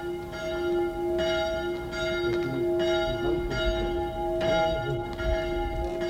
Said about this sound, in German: Diese kleine Glocke hörte ich, als ich über die Piazza in Meolo ging, hinüber zum Albergo, dem einzigen Gasthaus in Meolo.